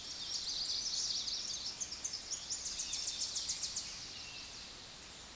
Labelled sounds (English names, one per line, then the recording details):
Tennessee Warbler song
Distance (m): 30 m
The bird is about 20 m above the microphone
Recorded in a Pennsylvania forest on 16 May 2024 at 06:16
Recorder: AudioMoth, point MSD-2234
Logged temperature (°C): 16.4 °C
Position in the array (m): 33 m, 57 m